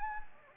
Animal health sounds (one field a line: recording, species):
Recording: mosquito wingbeat signal from an infrared sensor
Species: Anopheles gambiae